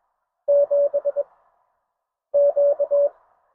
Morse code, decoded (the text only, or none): 7 Q